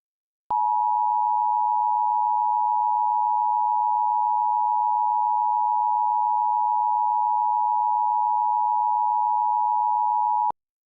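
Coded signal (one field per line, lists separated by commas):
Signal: Emergency Alert System (SAME) tones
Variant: 853 and 960 Hz attention tone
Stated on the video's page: Fictional alternate-history EAS scenario, not a real alert.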